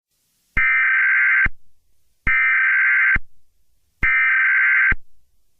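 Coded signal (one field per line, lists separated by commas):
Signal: Emergency Alert System (SAME) tones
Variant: header bursts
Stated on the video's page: Fictional EAS scenario alert tones themed on Five Nights at Freddy's.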